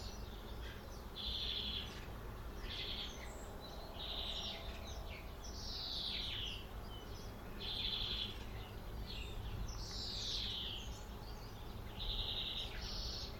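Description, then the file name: European greenfinch uttering a series of short buzzy notes, some falling, spaced about one to two seconds apart, amid steady low rumble. "Chloris chloris"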